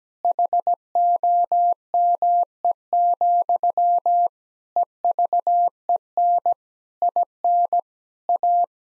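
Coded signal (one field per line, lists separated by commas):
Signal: Morse code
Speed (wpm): 17 wpm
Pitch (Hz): 700 Hz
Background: none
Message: HOME, EVEN IN A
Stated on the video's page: Morse head-copy practice drill at 17 wpm of sentences from the top 1000 words, each sent, then spoken, then sent again.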